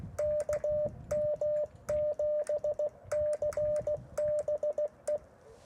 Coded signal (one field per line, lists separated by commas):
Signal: Morse code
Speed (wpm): 16 wpm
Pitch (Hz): 600 Hz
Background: radio noise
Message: KM7CBE